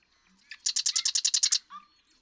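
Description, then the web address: Marsh Wren song: soft ticking lead-in, then about ten evenly spaced, loud, buzzy notes in a quick rattle, ending with a short slurred note. "birdsongforthecurious songs Marsh Wren"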